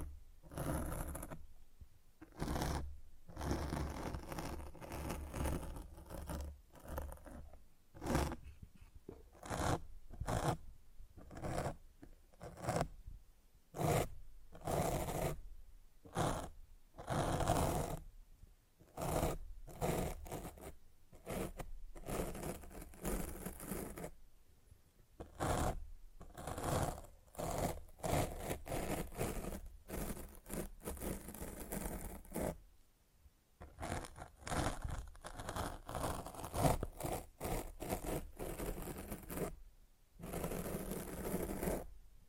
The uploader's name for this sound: Mic Scratching